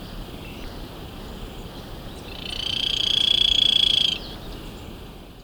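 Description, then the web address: Golden-olive woodpecker trill: a rapid, even, high-pitched rattle held for about a second and a half, rising out of a quiet hiss and ending abruptly. Recorded in Ecuador. "Birds of Ecuador. Golden-Olive Woodpecker"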